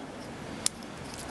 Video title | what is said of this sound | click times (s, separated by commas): Metal Build 00 Gundam Seven Sword S - Review - Part 2 - 0 Raiser | and lock it in place on the forearm | 0.7 s